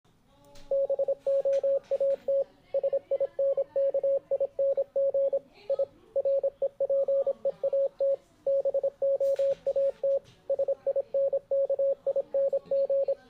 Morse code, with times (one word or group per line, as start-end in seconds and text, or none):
0.7-2.4 BOAT
2.7-5.4 SINKING
5.7-5.8 I
6.2-8.1 REPEAT
8.5-10.2 BOAT
10.5-13.1 SINKING